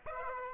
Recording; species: mosquito wingbeat signal from an infrared sensor; Aedes aegypti